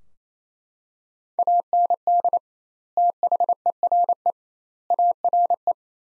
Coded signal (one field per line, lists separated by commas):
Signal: Morse code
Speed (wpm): 28 wpm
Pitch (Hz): 700 Hz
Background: none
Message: AND THERE ARE